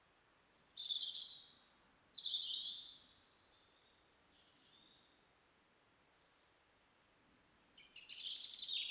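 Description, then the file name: European robin song: a run of high, thin warbling phrases with short trills and descending notes, then silence, and a final shimmering phrase at the end. "Erithacus rubecula"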